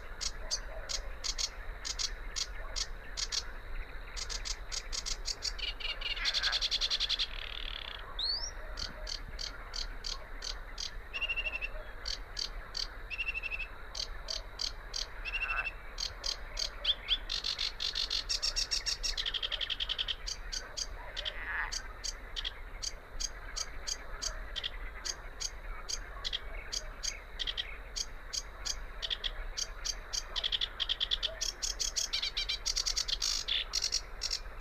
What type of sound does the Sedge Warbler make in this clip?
song